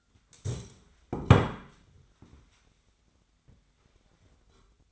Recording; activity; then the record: daily activity, microphone in the room; stand up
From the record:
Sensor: 3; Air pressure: 1007.8 hPa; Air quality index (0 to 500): 192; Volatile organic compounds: 14 ppm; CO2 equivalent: 2460 ppm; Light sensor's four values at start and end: 12/28/12/12 and 12/28/12/12